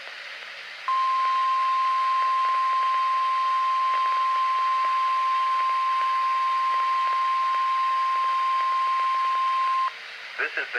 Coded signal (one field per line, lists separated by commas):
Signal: Emergency Alert System (SAME) tones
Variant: 1050 Hz attention tone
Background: speech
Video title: EAS 4345-4348 TESTS From 10/5-10/6